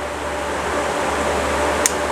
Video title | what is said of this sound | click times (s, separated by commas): AAA Wave Sluice V 2 RTX 3070 Build Part 2 | and they snap on like that you hear that snap so | 1.9 s